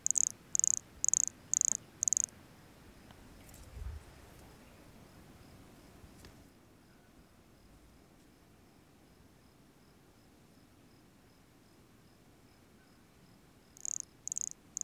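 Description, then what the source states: Brachycephalus sulfuratus giving five high buzzy pulsed notes, then a long quiet stretch before a few more notes at the end. Recorded near Jurupara dam on 29 September 2016; calling individual vouchered as specimen MHNCI 10791 or 10792.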